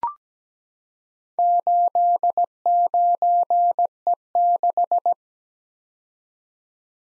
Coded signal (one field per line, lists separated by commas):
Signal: Morse code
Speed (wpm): 17 wpm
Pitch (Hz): 700 Hz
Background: none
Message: 89E6